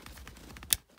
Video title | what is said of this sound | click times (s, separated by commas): [REPLACE GEARBOX SELECTOR & CORRECTLY SET UP] Opel Opc Zafira Gsi Astra G/H mk4/5 f23 | can go ahead and push these clips down and you'll hear him have a nice click when they go into place like | 0.7 s